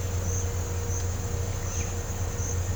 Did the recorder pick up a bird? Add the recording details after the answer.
no. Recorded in pastures near Puerto Asís, Putumayo, Colombia, on 21 December 2024 at 09:00. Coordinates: 0.502, -76.324. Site G077